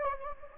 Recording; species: mosquito wingbeat signal from an infrared sensor; Anopheles gambiae